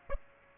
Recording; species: mosquito wingbeat signal from an infrared sensor; Aedes aegypti